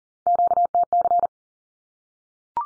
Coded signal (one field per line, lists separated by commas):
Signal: Morse code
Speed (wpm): 37 wpm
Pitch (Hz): 700 Hz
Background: none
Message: QTC